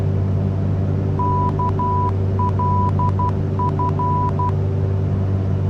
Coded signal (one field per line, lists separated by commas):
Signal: Morse code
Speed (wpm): 12 wpm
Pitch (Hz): 990 Hz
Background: none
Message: KLF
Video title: Piper PA-23 Aztec VFR Flight / Radio Navigation Tutorial Part 2